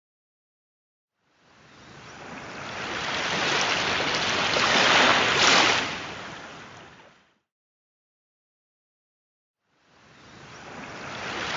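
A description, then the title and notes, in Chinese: Ocean surf washes in as a long hissing swell that builds, peaks near five seconds and fades, then silence before another wave rises. 海潮音。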